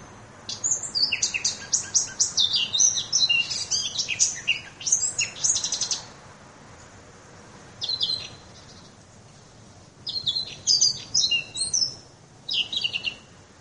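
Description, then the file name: Eurasian blackcap song: a long run of quick, high warbling notes, then shorter chattering bursts after pauses of one to two seconds. "moenchsgrasmuecke"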